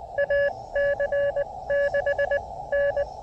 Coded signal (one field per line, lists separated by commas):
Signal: Morse code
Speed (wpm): 21 wpm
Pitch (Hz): 590 Hz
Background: none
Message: AC6N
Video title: A Quick POTA Activation Before Closing Time at President James Polk State Historic Site!